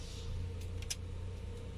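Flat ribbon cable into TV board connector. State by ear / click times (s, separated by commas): seated / 0.9 s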